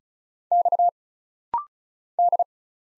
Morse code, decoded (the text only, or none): X D